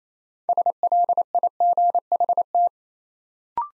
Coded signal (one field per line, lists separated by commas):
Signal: Morse code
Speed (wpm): 28 wpm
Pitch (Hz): 700 Hz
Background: none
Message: SLIGHT